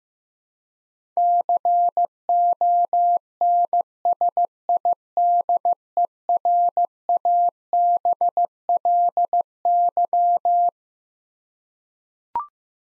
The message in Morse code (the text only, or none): CONSIDERABLY